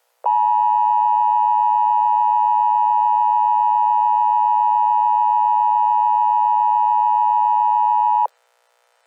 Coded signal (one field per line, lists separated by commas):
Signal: Emergency Alert System (SAME) tones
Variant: 853 and 960 Hz attention tone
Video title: EAS | Test